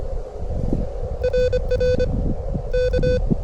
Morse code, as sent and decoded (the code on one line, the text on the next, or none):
.-. .-. / -.-
RR K